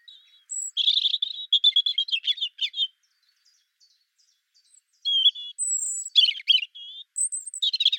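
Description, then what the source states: European Robin singing short, varied verses of high trickling, gurgling notes mixed with thin whistles, two phrases separated by a pause of about two seconds. Sweet, wistful song of short verses, each verse different, with watery trickling and gurgling notes and long still notes; each verse lasts 2 to 3 seconds.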